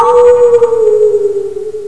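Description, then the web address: Wolf howl: one smooth, sustained tone that slides slowly downward in pitch over about two seconds, with no other sounds. "wolf lonewolf"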